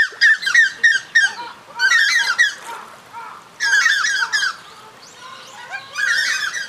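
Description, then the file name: Lesser White-fronted Goose calls: bursts of rapid, squeaky yelps from several birds, separated by short quieter gaps, with a final burst at the end. "karigane"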